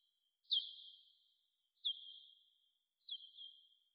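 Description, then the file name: Bat calls: three long chirps, each starting with a sharp downward hook and fading on a steady tone, spaced about 1.3 seconds apart. Bat movement recorded at the Gondwana garden in Rayol. "Rayol Gondwana Mouvementde Chauve Souris Mercier Glotin"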